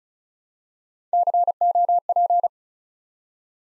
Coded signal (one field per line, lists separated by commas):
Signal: Morse code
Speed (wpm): 36 wpm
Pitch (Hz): 700 Hz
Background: none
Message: COP